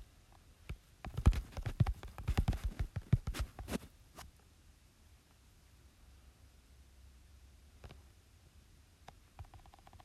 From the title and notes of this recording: 𝗹𝗼𝗳𝗶 𝘀𝗰𝗿𝗲𝗲𝗻 𝘁𝗮𝗽𝗽𝗶𝗻𝗴 𝗮𝗻𝗱 𝘁𝘆𝗽𝗶𝗻𝗴 𝗔𝗦𝗠𝗥. 𝚜𝚌𝚛𝚎𝚎𝚗 𝚝𝚊𝚙𝚙𝚒𝚗𝚐 𝚊𝚗𝚍 𝚝𝚢𝚙𝚒𝚗𝚐 𝚊𝚜𝚖𝚛 𝚜𝚘𝚞𝚗𝚍𝚜.